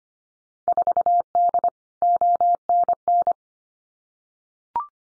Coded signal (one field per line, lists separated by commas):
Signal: Morse code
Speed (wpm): 25 wpm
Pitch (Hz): 700 Hz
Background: none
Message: 4D ONN